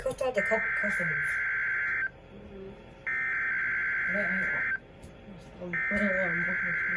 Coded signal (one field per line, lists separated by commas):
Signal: Emergency Alert System (SAME) tones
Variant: header bursts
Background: speech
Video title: REQUIRED WEEKLY TEST (KEC56) (REAL EAS#1911)